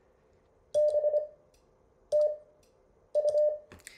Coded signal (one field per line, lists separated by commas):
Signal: Morse code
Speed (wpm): 25 wpm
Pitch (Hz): 600 Hz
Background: none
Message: BTU